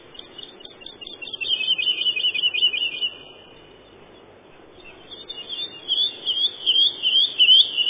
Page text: Юла, или лесной жаворонок — Lullula arborea